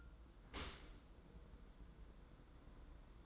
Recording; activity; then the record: daily activity, microphone in the room; open dishwasher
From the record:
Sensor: 3